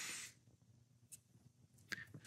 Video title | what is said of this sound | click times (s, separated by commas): How to Replace Wiper Blades on a Chrysler Pacifica | until it clicks | 1.9 s